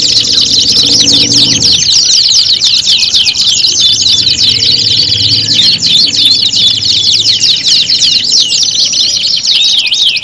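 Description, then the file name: Canary song in a continuous stream of rapid rolling trills and chattering notes, with a low rumbling noise beneath it during the first two seconds. Standard canary song, made as an audio simulation of a singing contest. "audio-simulasi-lomba-kenari-standar 3-omkicau"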